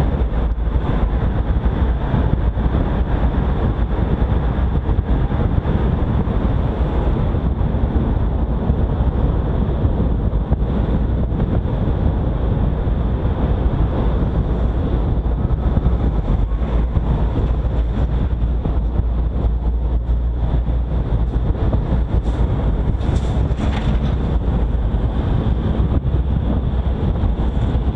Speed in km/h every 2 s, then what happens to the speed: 51, 53, 55, 56, 53, 52, 50, 50, 50, 50, 51, 52, 53, 51.
0-6 steady at about 53. 6-12 slows to 50. 12-28 steady at about 50.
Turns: none.